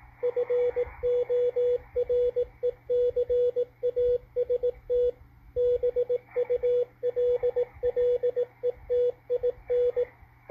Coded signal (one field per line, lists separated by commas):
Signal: Morse code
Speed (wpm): 18 wpm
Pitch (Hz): 490 Hz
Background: radio noise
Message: FORECAST BULLETIN